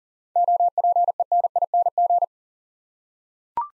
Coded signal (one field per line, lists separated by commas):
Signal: Morse code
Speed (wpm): 42 wpm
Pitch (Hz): 700 Hz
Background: none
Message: OPENING